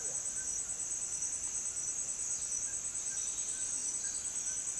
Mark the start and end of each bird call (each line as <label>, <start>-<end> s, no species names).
bird call, 0.00-4.79 s